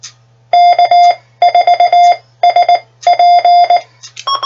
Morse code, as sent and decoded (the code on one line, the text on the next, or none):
-.- ....- ... .--.
K4SP